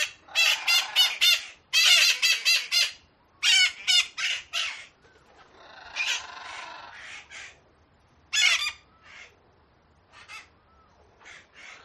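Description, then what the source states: Parakeets giving clusters of sharp, rasping squawks in quick runs, then sparser single screeches spread across the later seconds. Several parakeets, described as angry; sound-effect loop.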